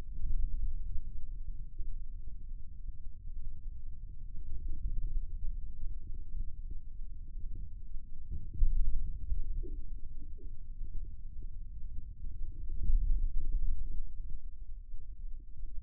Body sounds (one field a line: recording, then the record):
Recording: forearm muscle sounds (acoustic myography)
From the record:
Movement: hand opening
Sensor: system 2, bracelet of six BSWA MPA416 microphones around the upper forearm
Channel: 3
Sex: male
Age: 22 years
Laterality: right